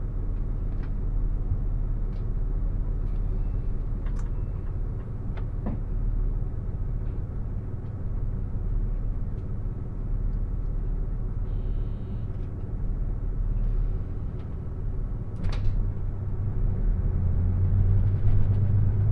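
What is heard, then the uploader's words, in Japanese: Inside a limited express train on the Takayama Line, a steady low rumble of running gear fills the car at a constant level. Brief clicks and a sharp knock near fifteen seconds stand out, and a deeper hum swells toward the end. 高山本線特急ひだ14号 富山→猪谷。乗車したのは当時まだキハ85系のグリーン車。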